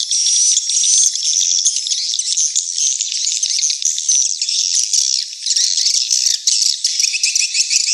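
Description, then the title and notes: Swiftlets chattering in a thick, rattling flock chorus of shrill chirps and trills, with short dips in loudness near the end. Lure sound for a swiftlet house, Tien Giang, Vietnam; part of the AKAU swiftlet sound collection. "Am thanh nha yen Akau Vietnam - Tien giang. Những âm thanh chim yến thuộc thương hiệu AKAU"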